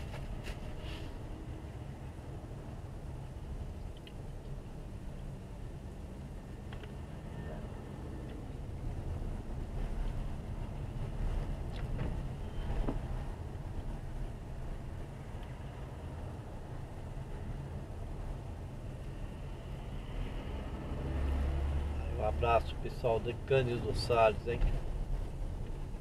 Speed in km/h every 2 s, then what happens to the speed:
13, 12, 11, 12, 13, 13, 12, 13, 13, 12, 11, 12, 11.
0-26 steady at about 12.